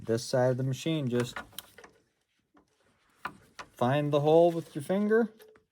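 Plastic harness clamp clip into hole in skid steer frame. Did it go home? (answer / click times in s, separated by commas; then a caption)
no / none. A plastic push-in clamp holding the 14-pin wiring harness is handled at a hole in the frame of a Kubota SVL75-2 skid steer while someone talks. A few faint knocks and taps are heard between the words, with a sharp tap around 3.3 s. Nothing has seated or clicked into the frame hole yet.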